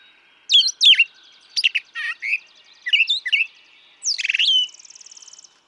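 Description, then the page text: Brown thrasher song, paired sharp notes and short slurred phrases, closing with a pulsed trill that fades out. Same male brown thrasher heard across recordings totalling about three and a quarter hours; his repertoire is estimated at about 1300 songs. "Birdsong for the Curious Naturalist. Brown thrasher"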